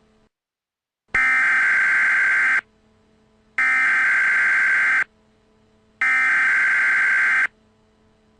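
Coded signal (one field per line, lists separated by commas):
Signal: Emergency Alert System (SAME) tones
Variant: header bursts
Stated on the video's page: Requested fictional test alert.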